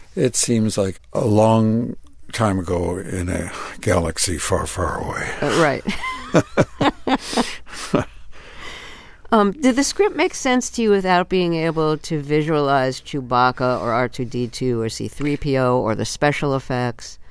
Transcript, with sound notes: It seems like a long time ago in a galaxy far, far away.
Right.
(LAUGHTER)
Did the script make sense to you without being able to visualize Chewbacca or R2-D2 or C-3PO or the special effects?